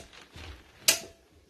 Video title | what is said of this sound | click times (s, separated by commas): Canterbury assembly Video | two clicks push | 0.9 s